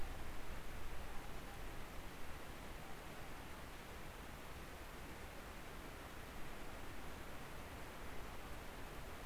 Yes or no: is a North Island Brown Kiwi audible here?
no